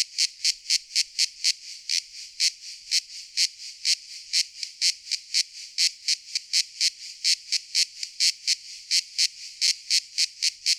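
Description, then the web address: Cicada song of clicking, buzzy bursts repeated rapidly in a regular high-pitched rhythm. Recorded at Niort. "niort brizeaux mat. cigale"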